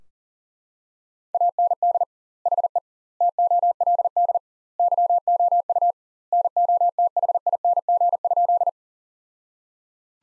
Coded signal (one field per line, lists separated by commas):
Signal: Morse code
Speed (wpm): 40 wpm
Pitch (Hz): 700 Hz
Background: none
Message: AND HE TOLD YOU NOTHING?